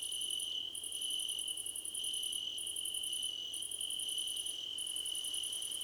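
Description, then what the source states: Several crickets chirping at once: an even shrill tone and repeated bursts of rapid very high pulses with short silences between. Crickets chirping together, described as a choir competition.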